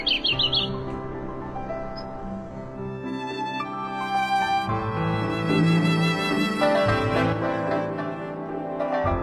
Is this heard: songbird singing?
yes